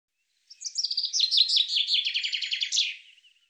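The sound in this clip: Bird calling in a quick, high-pitched series of chirps and slurred notes that speed into a rapid rattling trill, then fade, lasting nearly three seconds.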